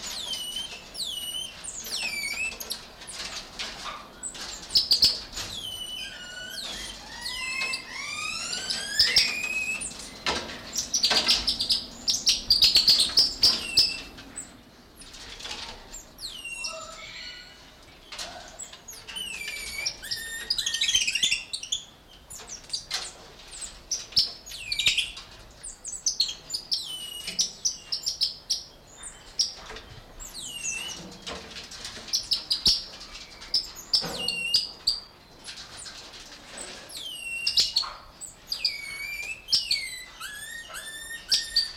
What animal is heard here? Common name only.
Cottontop Tamarin